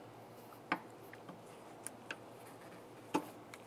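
A pocket screwdriver pries the bottom end of a 1998-2002 Lincoln Navigator hood lift support (gas strut) off its ball stud on the vehicle body. The metal socket clip pops off with a sharp click at 0.7 s, followed by a few fainter ticks and clicks, and the strut's lower ball socket is released.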